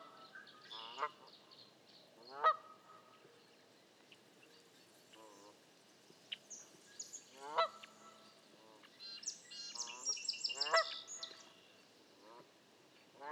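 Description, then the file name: Canada goose honks scattered irregularly and fairly soft, mixed with busy chirping of small birds and other high calls. "kanadai lud hangja"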